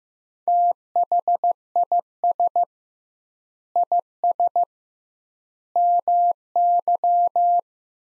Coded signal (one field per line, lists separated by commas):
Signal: Morse code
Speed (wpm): 15 wpm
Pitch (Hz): 700 Hz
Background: none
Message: THIS IS MY